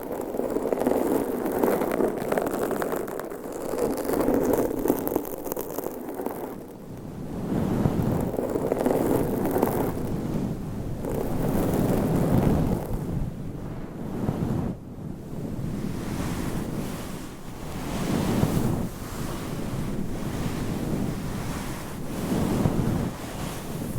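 Microphone scratching fills the clip with a dense, continuous rough rustle, heavy in the low and middle range. After about seven seconds it pulses in uneven swells every second or two, with a brief sharp crackle near fifteen seconds. It often resembles rushing wind or surf.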